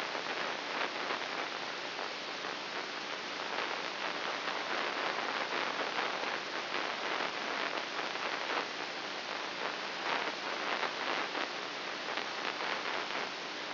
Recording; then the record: brain microelectrode recording played as sound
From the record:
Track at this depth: inside the subthalamic nucleus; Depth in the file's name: 1.605 mm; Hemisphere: right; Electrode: 3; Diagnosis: Parkinson's disease